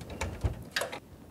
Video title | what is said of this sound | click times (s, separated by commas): Installing your power supply | Push them until they snap into place. | 0.8 s